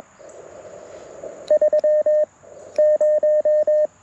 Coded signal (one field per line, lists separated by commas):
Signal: Morse code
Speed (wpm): 21 wpm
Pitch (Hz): 610 Hz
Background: radio noise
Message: 3 0